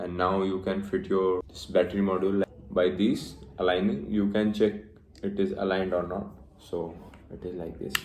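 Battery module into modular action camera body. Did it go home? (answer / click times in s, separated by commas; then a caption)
no / none. A battery module is lined up against the body of an Insta360 One RS Twin Edition modular action camera and handled into position while someone talks throughout. Nothing has seated or clicked yet; the module is not home by the end of the clip.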